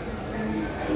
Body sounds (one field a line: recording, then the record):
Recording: background sound without coughing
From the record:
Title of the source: 40 min - Ambience sounds UNIVERSITY lunchroom chatting